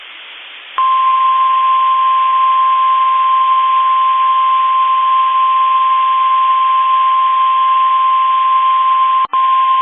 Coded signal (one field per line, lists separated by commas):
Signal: Emergency Alert System (SAME) tones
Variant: 1050 Hz attention tone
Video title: EAS Alerts from 6/2/25